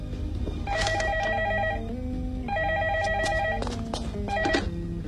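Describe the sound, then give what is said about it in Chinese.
A telephone rings with a bright electronic tone, repeating its warbling melodic burst about three times in quick succession over a steady low background hum. No one speaks. “喂，啊、说曹操，曹操来电话了。”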